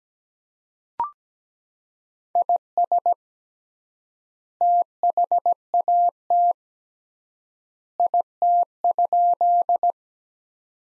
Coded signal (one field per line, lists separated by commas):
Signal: Morse code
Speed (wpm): 17 wpm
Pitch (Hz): 700 Hz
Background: none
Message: IS THAT IT?